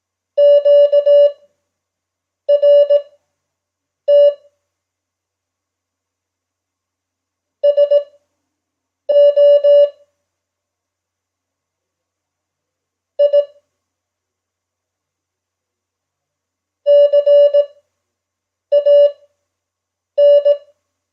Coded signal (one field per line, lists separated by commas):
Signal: Morse code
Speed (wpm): 18 wpm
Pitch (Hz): 580 Hz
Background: none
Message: QRT SO I CAN